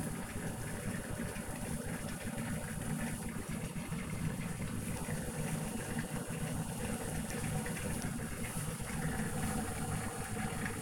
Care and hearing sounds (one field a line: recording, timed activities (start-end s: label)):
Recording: household activities, microphone on the right wrist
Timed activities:
0.00-10.82 s: making tea